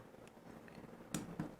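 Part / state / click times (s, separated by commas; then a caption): nozzle tip into water flosser handle / seated / 1.1 s. A replacement nozzle tip is pushed by hand into the rigid plastic socket of a Dirida cordless water flosser handle; the tips are press-fit and snap into place. A few faint taps come at 0.3 s and 0.7 s. The sharpest click comes at 1.2 s as the tip seats, followed by a second knock at 1.4 s.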